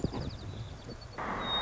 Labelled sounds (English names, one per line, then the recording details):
White-crowned Sparrow
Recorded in Sonoma County, California